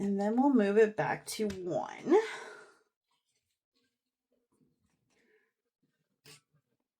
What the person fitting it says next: You can listen for that click. Make sure it's in place.